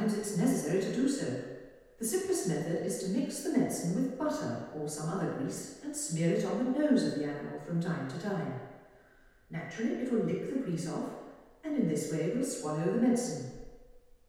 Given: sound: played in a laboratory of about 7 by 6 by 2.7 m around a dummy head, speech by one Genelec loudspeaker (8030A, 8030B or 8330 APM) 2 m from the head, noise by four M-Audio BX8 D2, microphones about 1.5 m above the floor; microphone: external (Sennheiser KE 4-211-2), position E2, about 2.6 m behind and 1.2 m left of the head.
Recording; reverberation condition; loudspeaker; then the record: female speech in English; high; 60 degrees to the right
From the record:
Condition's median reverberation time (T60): about 1300 ms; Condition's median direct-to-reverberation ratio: about -4.0 dB